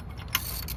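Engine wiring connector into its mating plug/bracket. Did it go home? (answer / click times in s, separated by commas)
yes / 0.3 s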